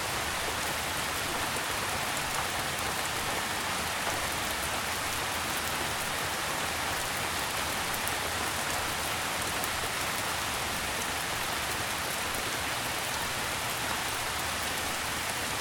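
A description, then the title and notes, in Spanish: Rain heard through a window, a steady dense hiss that holds at the same level for the whole stretch. Fine drops patter throughout, brightest in the upper range, with scattered sharper ticks of drops striking a surface and a faint low rumble beneath. El sonido de la lluvia que entra por la ventana cuando estás acostado en la cama por la noche.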